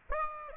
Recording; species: mosquito wingbeat signal from an infrared sensor; Aedes aegypti